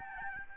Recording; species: mosquito wingbeat signal from an infrared sensor; Aedes albopictus